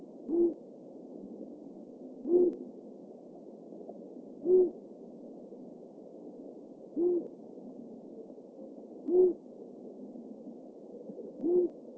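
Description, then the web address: Long-eared owl hooting: six low, soft single hoots, about two seconds apart, over a steady low hiss. "asio otus call"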